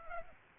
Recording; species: mosquito wingbeat signal from an infrared sensor; Aedes aegypti